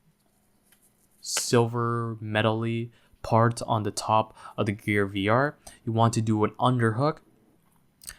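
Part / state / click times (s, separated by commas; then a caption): head strap hook into VR headset top mount / seated / 8.1 s. Someone talks while the hook on a Samsung Gear VR 2017 head strap is hooked under the silver metal part on top of the headset and pushed in. A single sharp, short pop at 8.1 s marks the hook seating onto the headset's top mount.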